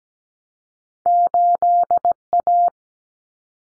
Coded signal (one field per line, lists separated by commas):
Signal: Morse code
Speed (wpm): 17 wpm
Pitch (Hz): 700 Hz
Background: none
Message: 8A